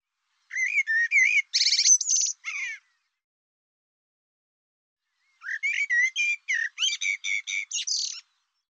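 Bird uttering two bouts of rapid, twangy whistled notes with some harsh buzzy elements, separated by a silent pause of nearly three seconds.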